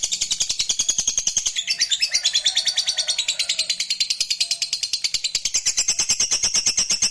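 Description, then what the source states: Lovebird trill: rapid, high-pitched chattering notes delivered in a continuous, even stream for the whole seven seconds. Fighter lovebird giving ngekek panjang, a long trill song style.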